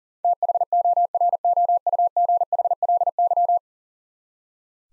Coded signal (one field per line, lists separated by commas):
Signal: Morse code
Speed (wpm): 40 wpm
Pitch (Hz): 700 Hz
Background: none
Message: THOROUGHLY